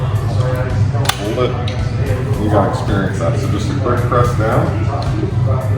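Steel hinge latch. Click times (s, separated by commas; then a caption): 1.1 s. The release lever on the folding hinge of a hunting rifle is pulled up, and a sharp metallic click rings out at 1.1 s as the hinge lets go. Someone talks throughout over a steady low background hum.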